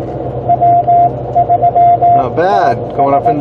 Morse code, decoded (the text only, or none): W3TS